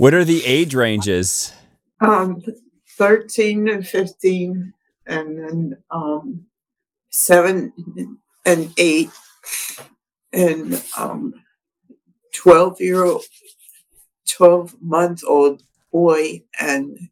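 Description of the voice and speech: An adult woman speaks haltingly in short number fragments, separated by long pauses and drawn-out fillers. Her speech shows the word-finding difficulty of expressive aphasia following a stroke in December 2022.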